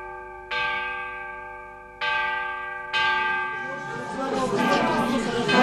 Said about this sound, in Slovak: Sám od seba sa rozkolísal. Ľudia, zvon zvoní sám od seba. To je voľa, jaký zázrak. A čuť, aký má nádherný zvuk. Na všetkých stranách ho čuť.